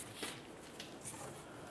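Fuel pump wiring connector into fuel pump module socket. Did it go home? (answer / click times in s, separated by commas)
no / none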